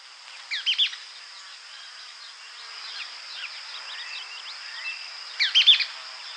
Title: LuckyPassaro Completos2Sama. Mouse-colored Tyrannulet (Phaeomyias murina)